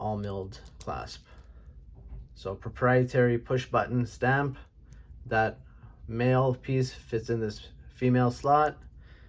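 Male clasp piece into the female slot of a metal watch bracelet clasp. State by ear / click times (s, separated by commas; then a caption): not seated / none. Someone talks while handling a milled push-button metal watch bracelet clasp that closes with ball bearings, with the male piece being brought toward the female slot. Speech fills the clip with quiet pauses between phrases. Nothing has seated or clicked yet.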